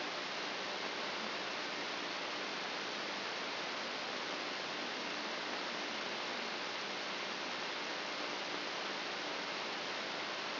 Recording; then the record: brain microelectrode recording played as sound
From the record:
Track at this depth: inside the subthalamic nucleus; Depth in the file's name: 1.825 mm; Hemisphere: left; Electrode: 3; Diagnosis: Parkinson's disease